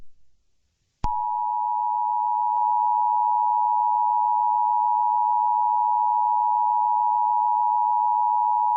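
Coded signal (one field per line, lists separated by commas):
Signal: Emergency Alert System (SAME) tones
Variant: 853 and 960 Hz attention tone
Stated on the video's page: Simulated tornado warning EAS alert.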